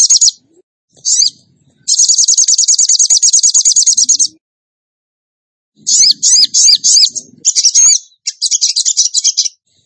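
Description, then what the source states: Bird song: a long rapid high trill, a pause, then varied whistled slurs and short trilled phrases. Training track (masteran) of a songbird in the tembakan gacor song style.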